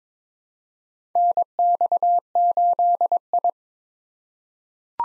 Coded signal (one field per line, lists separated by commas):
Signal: Morse code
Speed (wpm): 22 wpm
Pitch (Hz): 700 Hz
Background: none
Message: NX8I